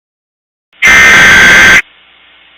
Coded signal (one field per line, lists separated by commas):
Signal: Emergency Alert System (SAME) tones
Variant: header bursts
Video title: Emergency Alert System - Nothing (S1EP2)